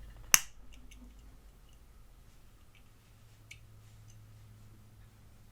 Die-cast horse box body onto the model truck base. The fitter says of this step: with some pressure it snaps in place let's